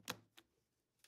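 After a bypass tool finds the combination, a combination padlock is pulled and its metal shackle releases from the lock body. The shackle pops open with a sharp, bright metallic click at 0.1 s, followed by two fainter clicks near 0.4 s and 1.0 s. The lock is open.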